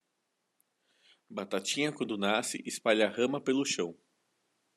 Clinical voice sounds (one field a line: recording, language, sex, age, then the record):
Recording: short text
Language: Brazilian Portuguese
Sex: male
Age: 40 to 49 years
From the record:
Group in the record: control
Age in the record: 46 years